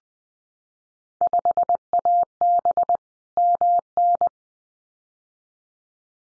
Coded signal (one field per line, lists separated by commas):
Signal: Morse code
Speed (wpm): 20 wpm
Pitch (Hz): 700 Hz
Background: none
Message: 5AB MN